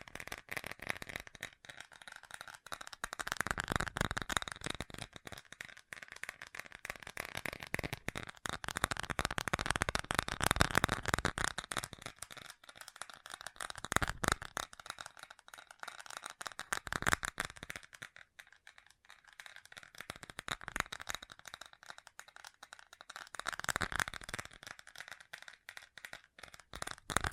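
Fast tapping, a dense stream of quick, crisp taps running the whole time with no real pauses. The taps swell into louder, brighter flurries around 3–5, 9–11, 17 and 24 seconds, then ease back to a lighter, rattling patter.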